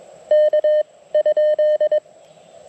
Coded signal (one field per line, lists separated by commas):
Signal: Morse code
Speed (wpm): 21 wpm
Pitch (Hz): 1800 Hz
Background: none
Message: K ?